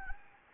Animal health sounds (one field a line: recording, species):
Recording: mosquito wingbeat signal from an infrared sensor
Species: Anopheles gambiae